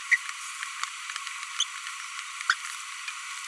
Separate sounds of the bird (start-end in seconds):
0.12-0.16, 1.59-1.63, 2.50-2.53